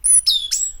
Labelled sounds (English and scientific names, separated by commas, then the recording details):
Stitchbird (Notiomystis cincta) song
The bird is a male
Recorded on Tiritiri Matangi Island, New Zealand, in 2005
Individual 12, of nest box 16